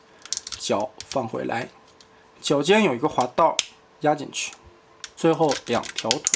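A plastic hook on a part of a transforming robot toy is folded back and locks into its mating slot, seating with a sharp snap at 0.3 s, with a couple of small clicks around it. Someone talks through the rest of the clip.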